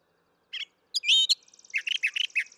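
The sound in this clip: Brown thrasher song: a short burst of varied chirps, then a loud slurred whistled phrase and a rapid run of mixed notes.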